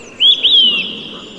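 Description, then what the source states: Olive-sided Flycatcher song: high, clear whistled notes, a short rising note followed by a longer upslurred whistle that slides down at the end. Sharply inflected three-note song, one of the most distinctive and catchy on the continent; often imitated by birders.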